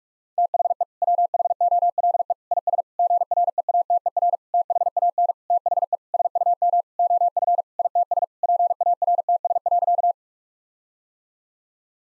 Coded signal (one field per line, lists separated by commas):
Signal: Morse code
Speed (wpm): 44 wpm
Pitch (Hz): 700 Hz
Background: none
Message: THE WHOLE IS GREATER THAN THE SUM OF ITS PARTS.